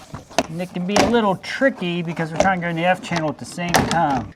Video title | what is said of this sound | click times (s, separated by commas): How to Install a Porch Ceiling with Vinyl Soffit - Step-by-Step FOR BEGINNERS! (Lowe's Project) | Now that we got this piece ripped down, we're going to go ahead and snap it into place. | 0.4 s